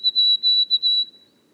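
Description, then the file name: White-throated sparrow whistled song, steady high pure notes broken into a quick series of short repeated pieces, with silence after. Boreal forest of Haute-Côte-Nord, 29 May 2018. "bruant a gorge blanche foret boreale de la haute cote nord"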